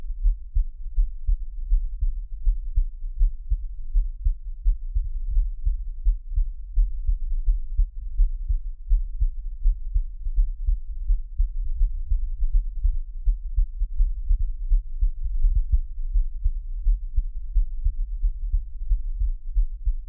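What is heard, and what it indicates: An adult's heartbeat, close-miked with no talking, at about 83 beats per minute. Normal heart sounds, best heard on headphones.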